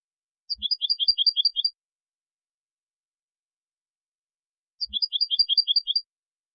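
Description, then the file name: European goldfinch calls: two short bursts of quick, high, tinkling double notes about four seconds apart, with soft low thumps in each burst and silence between. "Carduelis carduelis"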